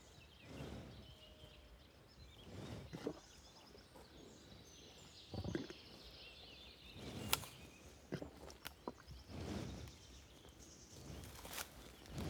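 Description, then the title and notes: Cow blowing out slow, airy breaths at intervals, with scattered clicks of chewing grass. Curious cow eating very close, its warm breath audible, in the Marais Poitevin marshes at Le Mazeau, France, at 09:20; MixPre-6 II with DPA 4022 microphones in ORTF. "Jolie Marais, 85420 Le Mazeau, France - A TAAAABLE DANS LES MARAIS. REPAS DE VACHE. EXTJ_VACHE MANGE ET SOUFFLE_MARAIS POITEVIN_09H20. En grande proximité, repas d'une vache dans les Marais. Curieuse, son souffle en proximité est fort chaleureux"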